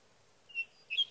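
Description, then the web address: Sage thrasher song fragment, one clear high whistled note and then a quick warbled pair of bright notes, with a quiet background. "birdsongforthecurious Sage Thrasher"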